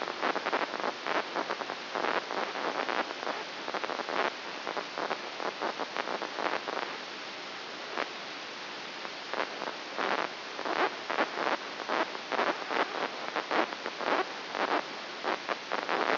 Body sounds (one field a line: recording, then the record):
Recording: brain microelectrode recording played as sound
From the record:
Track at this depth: inside the subthalamic nucleus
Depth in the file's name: 3.202 mm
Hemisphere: right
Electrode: 2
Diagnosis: Parkinson's disease